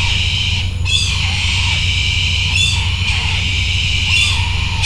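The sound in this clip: Bird giving almost continuous rasping, screechy calls with repeated sharper accents, and a low hum beneath.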